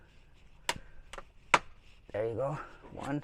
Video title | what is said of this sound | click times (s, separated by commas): VERKOKAPPA Tesla Model Y/3 Mini Heads up Display - With step by step installation Tesla 2019-2022 | same thing use the tool you'll hear the snap | 1.5 s